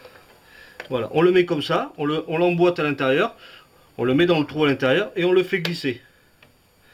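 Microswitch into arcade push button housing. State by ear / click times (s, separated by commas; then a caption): not seated / none. A microswitch is being slid into its slot inside an arcade push button housing while someone talks through most of the clip. A faint, brief tick sounds near 6.4 seconds after the talking stops, but the microswitch has not clicked into place yet.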